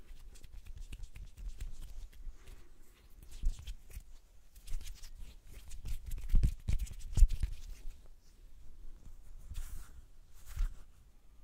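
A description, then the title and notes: Hand sounds: soft rubbing and brushing with irregular low thumps and taps. Stronger knocks land near 3.5, 4.7, 6.3, 7.2 and 10.7 seconds, while between them a quiet scratchy shuffling continues unevenly. ASMR The BEST Hand Sounds.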